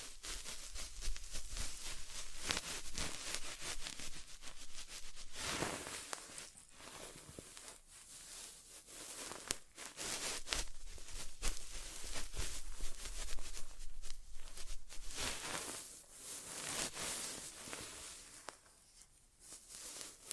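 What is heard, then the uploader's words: An inner ear exam in ASMR style, made of dense, crackling scratches and rubbing close on the microphone, with quick irregular bursts throughout. Louder flurries come around five to seven seconds and again near ten to seventeen seconds, with softer pauses between. ASMR Inner Ear Exam (No Talking).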